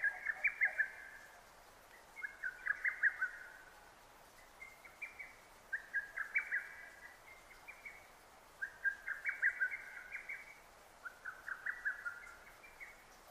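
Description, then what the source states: Lesser cuckoo song: a steady run of short, chattering whistled phrases, each a rapid string of sharp notes, given about every two and a half seconds. Recorded 6 June 2009.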